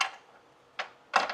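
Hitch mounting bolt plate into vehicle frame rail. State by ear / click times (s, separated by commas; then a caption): not seated / none. A hitch mounting bolt and spacer plate on a fish wire are pulled through the frame rail of a 2023 Honda Accord during a trailer hitch install, giving short metallic taps and clinks near 0.0, 0.8, 1.2 and 1.4 seconds. Nothing has seated or locked into the frame yet.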